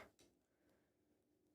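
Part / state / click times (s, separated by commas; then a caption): plastic building block onto figure set / not seated / none. A plastic building block piece that came off is pressed back onto a building block figure set, giving a soft plastic contact at the start and a second light tap around 0.2 s, followed by quiet handling. The block does not click into place; nothing has seated or clicked.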